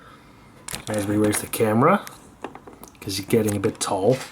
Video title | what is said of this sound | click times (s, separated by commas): Transformers Legacy United Cybertron Starscream review | dust snap into place | 0.7 s, 0.8 s